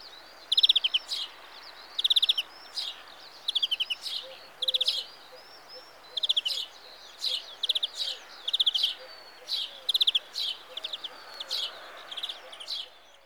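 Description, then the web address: European greenfinch repeating quick trilled bursts about every one and a half seconds, with twittering notes between. "The BBC Sound Effects Library. Greenfinch (Carduelis Chloris)"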